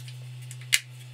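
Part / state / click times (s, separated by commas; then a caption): small gear motor into 3D-printed robot chassis / seated / 0.7 s. A small geared motor is pushed through into its slot in a 3D-printed plastic robot chassis for a SMARS robot, with a steady low hum underneath and a few faint ticks. At 0.7 s it snaps into place with one sharp, bright click, and the motor is seated.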